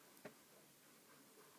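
A screw-on accessory ring is turned backwards against the front filter thread of a camera lens, producing a brief faint tick of handling near 0.3 s over a quiet, steady background. Nothing has seated or clicked yet; the ring is still being handled and is not yet home.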